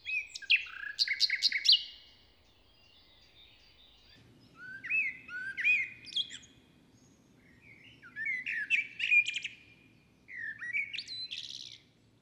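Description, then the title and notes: Common nightingale singing four varied phrases of fast chattering and whistled notes, with a low steady rumble in the background from about four seconds on. In a forest near Hoscheid, Luxembourg, on an early summer morning after a wet night as the sun rises; performs a kind of morning song. "hoscheid, forest, nightingale. Hoscheid - Waldmorgen. Inside the forest. recorded early on a summer morning. After a wet night the sun comes up and sparkles through the leaves of the trees. A nightingale performs a kind of morning song"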